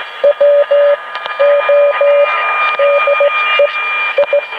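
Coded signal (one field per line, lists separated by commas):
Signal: Morse code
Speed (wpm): 16 wpm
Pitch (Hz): 570 Hz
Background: radio noise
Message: WO DE I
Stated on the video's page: CW heard on a Tecsun PL-680 with a spiral vertical antenna, listening from high ground at sunset with interference.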